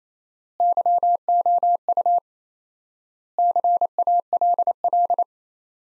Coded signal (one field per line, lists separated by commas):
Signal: Morse code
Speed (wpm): 28 wpm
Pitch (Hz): 700 Hz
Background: none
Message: YOU CALL